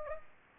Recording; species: mosquito wingbeat signal from an infrared sensor; Anopheles gambiae